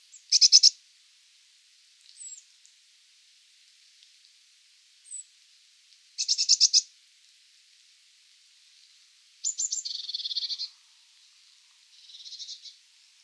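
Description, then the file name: Eurasian blue tit scolding calls, short dense buzzy bursts of churring notes at irregular intervals, with a few thin high squeaks between them in a quiet background. "Cyanistes caeruleus"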